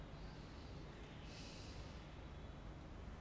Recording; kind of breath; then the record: one breath in and out by a microphone near the nose and mouth; normal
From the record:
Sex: male